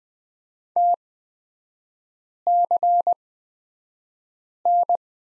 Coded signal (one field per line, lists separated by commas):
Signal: Morse code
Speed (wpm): 20 wpm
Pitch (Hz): 700 Hz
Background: none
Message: TCN